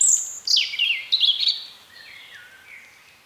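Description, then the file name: European robin song: a rapid run of high, sliding whistles dropping in pitch, then softer, lower trailing notes fading out. "Erithacus rubecula"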